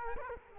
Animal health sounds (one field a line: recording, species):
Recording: mosquito wingbeat signal from an infrared sensor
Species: Culex quinquefasciatus